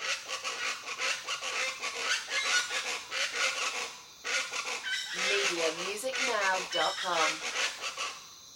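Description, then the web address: Birds giving raucous calls, repeated harsh bursts overlapping throughout, with rising and falling harmonic whoops clearer in the second half. Jungle birds. "the sound pack tree. crazy jungle birds"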